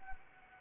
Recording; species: mosquito wingbeat signal from an infrared sensor; Anopheles arabiensis